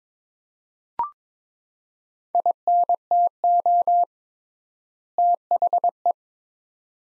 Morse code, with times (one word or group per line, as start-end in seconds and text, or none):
2.3-4.0 INTO
5.2-6.1 THE